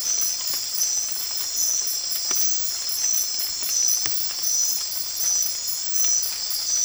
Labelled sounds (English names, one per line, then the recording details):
none
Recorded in dense forest near Puerto Asís, Putumayo, Colombia, on 8 March 2025 at 00:00
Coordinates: 0.503, -76.323
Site GP09